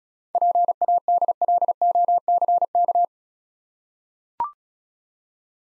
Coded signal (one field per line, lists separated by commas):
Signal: Morse code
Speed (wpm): 35 wpm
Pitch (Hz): 700 Hz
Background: none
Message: PADLOCK